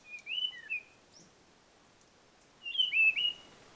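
Blue-fronted robin singing two brief, clear whistled phrases, each a quick slurred note group, separated by about two seconds of quiet.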